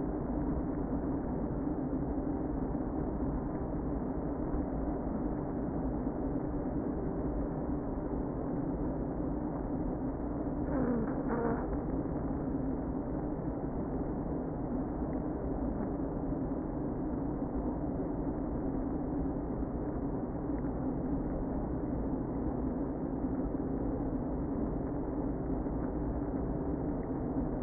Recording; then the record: honeybee colony, microphone inside the hive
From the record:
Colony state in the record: queen present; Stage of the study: before two queens were removed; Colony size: about 60,000 bees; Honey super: yes